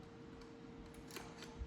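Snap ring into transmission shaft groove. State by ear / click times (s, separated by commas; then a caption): seated / 1.2 s. A steel snap ring is fitted into its groove on a tractor transmission shaft and snaps into place. A single light click at 1.2 s stands out over a steady background hum, and the ring is seated in the groove.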